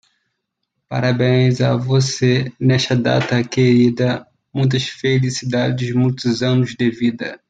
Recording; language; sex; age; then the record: short text; Brazilian Portuguese; male; 40 to 49 years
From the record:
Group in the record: control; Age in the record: 41 years